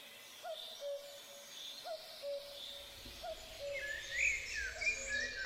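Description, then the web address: Common cuckoo calling a low two-note cu-coo, the first note higher, repeated about every one and a half seconds, with other birds chirping at higher pitch toward the end. Recorded in a primeval forest. "Tajemnice puszczy Kukułka"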